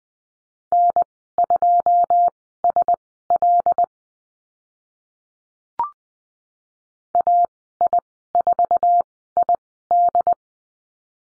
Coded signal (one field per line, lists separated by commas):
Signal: Morse code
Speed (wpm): 20 wpm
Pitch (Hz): 700 Hz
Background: none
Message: N2SL AI4ID